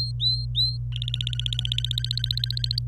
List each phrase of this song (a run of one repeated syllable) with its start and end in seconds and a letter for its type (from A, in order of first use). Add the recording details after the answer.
0.00-0.77 A, 0.92-2.79 B. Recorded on 26 April 2018 at 10:53. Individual llb3